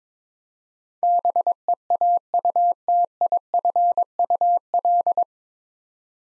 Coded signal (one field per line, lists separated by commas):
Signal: Morse code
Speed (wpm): 22 wpm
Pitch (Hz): 700 Hz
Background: none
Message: BEAUTIFUL